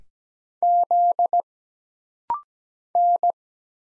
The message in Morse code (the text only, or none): Z N